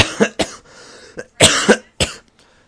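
Several short, harsh adult cough bursts in quick succession, with brief quiet gaps between them, from someone who is sick.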